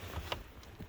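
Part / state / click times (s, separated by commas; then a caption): plastic trim cover clip in the dashboard next to the fuse box / released / 0.3 s. A plastic trim cover clip in the dashboard of a DS3 1.6 HDi Airdream, next to the fuse box, is pulled by hand to take off the cover hiding the fuse box, held only by clips. A single sharp pop is heard at 0.3 s as the clip releases and the cover comes free.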